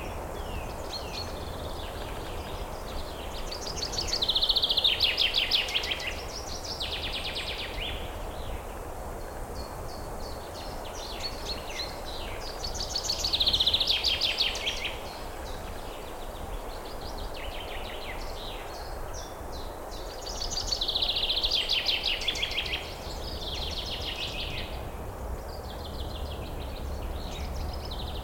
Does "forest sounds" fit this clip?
yes